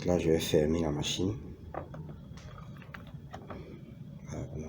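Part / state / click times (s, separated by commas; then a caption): lid of a vacuum sealing machine / not seated / none. Someone talks, then tries to close the lid of a vacuum-sealing machine used to package snail meat for sale, making a few faint, sharp taps and knocks between about 1.8 and 3.5 seconds. The lid has been closed wrongly, so nothing has clicked shut yet.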